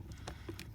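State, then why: Seated. A wiring harness plug is pushed back into the new HVAC blower motor, which is already bolted in under the dash of a 2003-2009 Toyota 4Runner. Faint handling taps are heard, with a sharp, bright snap at 0.6 s. The connector is seated, confirmed more by feel than by sound.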